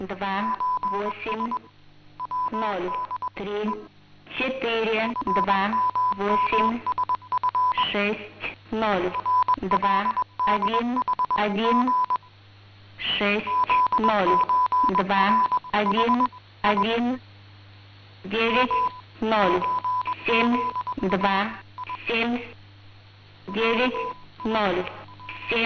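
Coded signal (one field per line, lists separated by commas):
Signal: numbers station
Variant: S06s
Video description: Message: 77659 98587 76869 03428 60211 90727 72333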